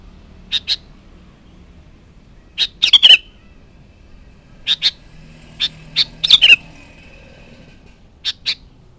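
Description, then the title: Sooty-headed bulbul giving scattered short chirps in pairs and small clusters, separated by gaps of a second or two, over a low background hum. "Kutilang"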